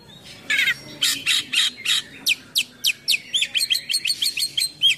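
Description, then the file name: Oriental magpie-robin song: buzzy notes giving way to a quickening series of sharp whistled notes. Full song with imitations, described as gacor (singing persistently) with full isian (mimicked filler songs). "KACER GACOR FULL ISIAN MEWAH"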